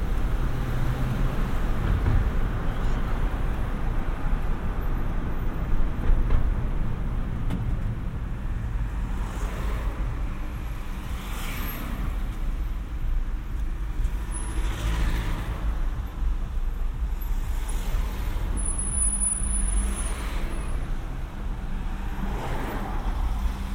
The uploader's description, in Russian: Прогуляйся по улицам, прокатись на авто, перезагрузись у шумящей реки.